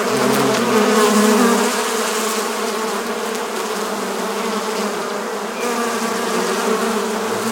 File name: Honigbiene Summen